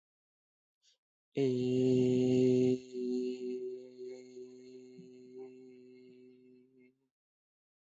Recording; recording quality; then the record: sustained vowel as in made; excellent, no background noise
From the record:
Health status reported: healthy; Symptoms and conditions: none ticked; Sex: male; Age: 22 years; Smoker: not ticked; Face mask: not worn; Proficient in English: yes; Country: India